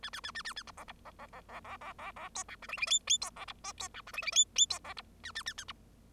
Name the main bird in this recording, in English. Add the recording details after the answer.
Bengalese Finch. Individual Bird0